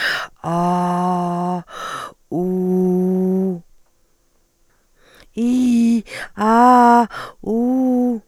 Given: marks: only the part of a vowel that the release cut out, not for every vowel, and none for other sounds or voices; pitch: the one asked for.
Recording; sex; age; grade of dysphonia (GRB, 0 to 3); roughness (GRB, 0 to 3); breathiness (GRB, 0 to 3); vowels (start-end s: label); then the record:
sustained vowels; female; 30 to 39 years; 2; 1; 2
0.54-1.49 s: vowel /a/, low pitch
2.43-3.46 s: vowel /u/, low pitch
5.42-5.96 s: vowel /i/, low-high-low pitch
6.46-6.99 s: vowel /a/, low-high-low pitch
7.52-8.10 s: vowel /u/, low-high-low pitch
From the record:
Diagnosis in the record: dysarthrophonia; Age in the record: 39 years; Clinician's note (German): Posttraumatisch, Trachealstenose